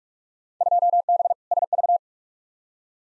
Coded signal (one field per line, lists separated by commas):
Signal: Morse code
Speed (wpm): 47 wpm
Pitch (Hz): 700 Hz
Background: none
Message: 2B SV